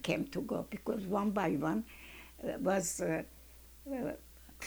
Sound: none

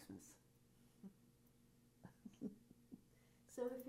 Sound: chuckles

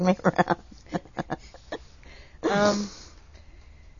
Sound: laughs

